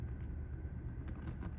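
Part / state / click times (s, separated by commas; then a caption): figure head onto neck ball peg / not seated / none. A plastic head is pushed onto the ball neck peg of a Marvel Legends Peter Parker Spider-Man action figure, with only soft handling taps over a low, steady rumble. No click is heard, and nothing has seated or clicked yet.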